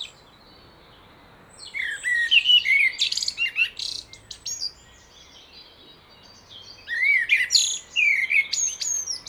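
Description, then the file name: Common blackbird with two separate song phrases, each beginning with low mellow warbles and breaking into a strained, high twittering finish. "Turdus merula"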